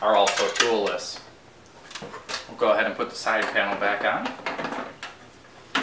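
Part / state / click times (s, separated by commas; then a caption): latched side panel onto PC case frame / seated / 5.0 s, 5.8 s. Someone talks while the latched side panel of a Corsair Graphite Series 780T PC case is put back onto the case frame. Two sharp clicks follow at 5.0 s and 5.8 s as its handle latch locks the panel in place.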